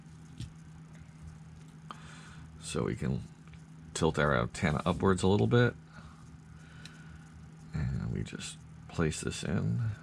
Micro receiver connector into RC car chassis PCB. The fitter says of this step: right there onto that pcb board and it's just going to snap in place